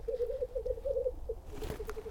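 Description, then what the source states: Black grouse display: rapid, low bubbling coos in quick pulses, going on more softly towards the end with a brief rustle over them. Males displaying at a lek in the Netherlands, raising tails, jumping at and striking each other to court females in hope of breeding this year; the sound is described as soothing.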